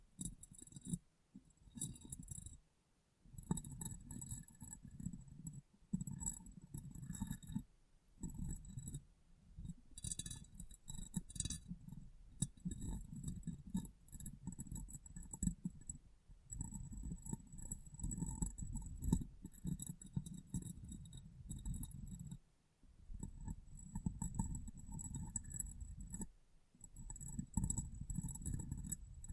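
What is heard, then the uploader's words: Tapping and cleaning on glass: a dense, steady run of soft low rubbing and scrubbing, speckled with bright little clinks and ticks. The sound breaks off briefly a few times, near the 3, 8, 23 and 26 second marks, then picks back up. ASMR Glass Brain Tapping & Cleaning (No Talking).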